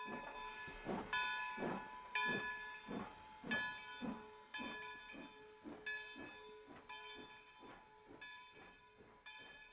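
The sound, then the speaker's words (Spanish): A steam train at a station hisses and chuffs in a steady, rhythmic beat of breathy bursts, with a sustained high tonal whine running underneath and no voices. “ya que el tren salía un poco después de las 8, o mejor dicho, debió haber salido, pues después de correr a la estación a las 7:30, tuve que aguardar sentado en el vagón durante más de una hora antes de que nos pusiéramos en movimiento.”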